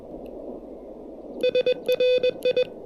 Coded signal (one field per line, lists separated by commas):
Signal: Morse code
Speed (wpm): 20 wpm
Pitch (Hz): 3500 Hz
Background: none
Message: SRI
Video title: Testing the Tufteln KH1 Adapter: Tabletop QRP DX in the Clouds!